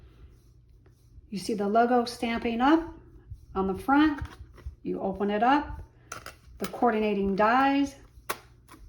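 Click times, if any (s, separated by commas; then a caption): 8.3 s. Someone talks while opening a thick hybrid embossing folder, a card-making tool, and pressing the coordinating metal cutting dies into it, with a few light taps and clatters along the way. The dies click and lock into place at 8.3 s.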